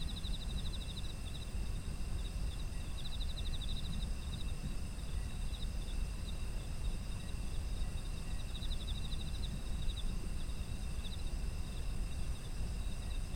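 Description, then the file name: Insect chirping: rapid high pulsed trills at the start, around three seconds and near nine seconds, against continuous shrill insect tones and deep noise. Autumn insect ambience. "秋の虫の環境音"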